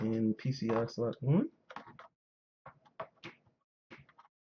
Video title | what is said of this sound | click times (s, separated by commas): Testing components before I assemble the next build! | for the cliq and there you go | 3.0 s